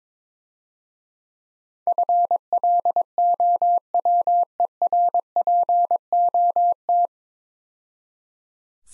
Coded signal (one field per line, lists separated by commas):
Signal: Morse code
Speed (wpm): 22 wpm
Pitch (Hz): 700 Hz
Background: none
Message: FLOWERPOT